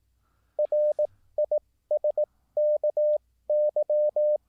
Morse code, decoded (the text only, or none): RISKY